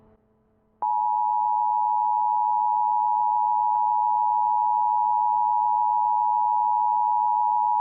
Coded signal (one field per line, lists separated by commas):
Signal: Emergency Alert System (SAME) tones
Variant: 853 and 960 Hz attention tone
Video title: EAS in Games - "Parasite Eve"